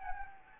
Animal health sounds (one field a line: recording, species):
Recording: mosquito wingbeat signal from an infrared sensor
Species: Anopheles gambiae